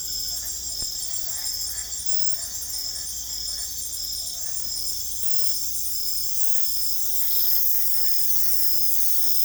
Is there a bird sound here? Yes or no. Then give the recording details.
no. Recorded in secondary vegetation near Puerto Asís, Putumayo, Colombia, on 16 December 2024 at 21:00. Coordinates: 0.468, -76.324. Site G095